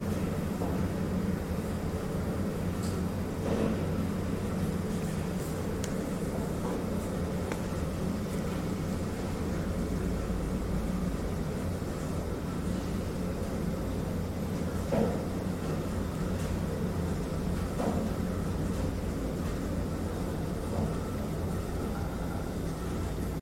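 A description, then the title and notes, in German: A Shenzhen elevator rides along with a steady, heavy low hum and rumble that barely changes over the whole stretch. Faint clicks and light knocks surface now and then, with a slightly stronger thump near fifteen seconds and another around eighteen. China Shenzhen Fahrstuhl.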